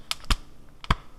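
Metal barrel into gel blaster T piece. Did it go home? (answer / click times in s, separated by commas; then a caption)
yes / 0.1 s, 0.9 s. A metal barrel with a silver ridge is pushed into the T piece connected to the gearbox of an EMERBU redesigned Gen 8.5 M4A1 toy gel blaster. Two sharp clicks are heard at 0.1 s and 0.9 s, each preceded by a faint lighter tick. The barrel is secure and seated, which it needs to be for the blaster to work.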